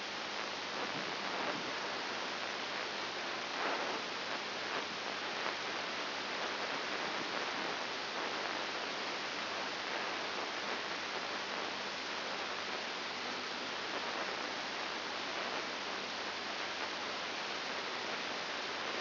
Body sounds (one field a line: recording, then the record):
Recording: brain microelectrode recording played as sound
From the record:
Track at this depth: inside the subthalamic nucleus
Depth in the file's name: 5.901 mm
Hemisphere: left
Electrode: 2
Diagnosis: Parkinson's disease